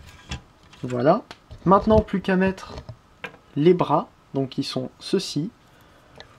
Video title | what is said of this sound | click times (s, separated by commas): (FR) CUSTOM - ULTIMUS (Dark of the Moon Voyager Optimus Prime) | On laisse ça clipser. | 0.3 s